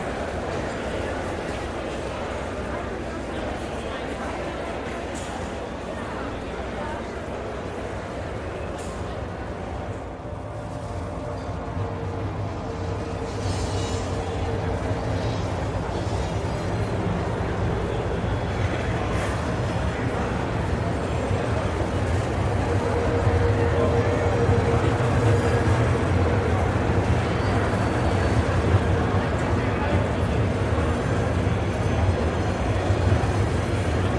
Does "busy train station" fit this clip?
yes